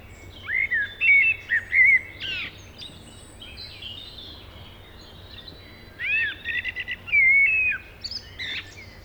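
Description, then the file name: Common blackbird song in two phrases several seconds apart, each mixing rich whistled notes with squeaky, scratchy twitters, over steady background noise. "Turdus merula"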